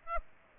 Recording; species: mosquito wingbeat signal from an infrared sensor; Aedes aegypti